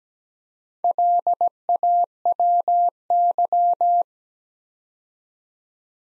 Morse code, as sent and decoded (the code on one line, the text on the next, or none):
.-.. .- .-- -.--
LAWY